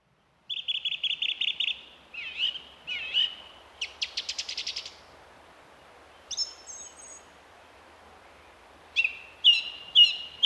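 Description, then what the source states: Song thrush singing, a clear phrase rapidly repeated several times, then varied whistled and chirping phrases, each also repeated, with brief pauses between. Recorded in April a couple of years ago; an example of the song thrush's repetition of phrases.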